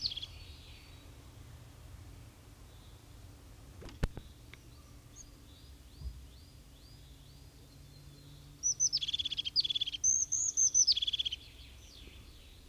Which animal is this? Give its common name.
European Crested Tit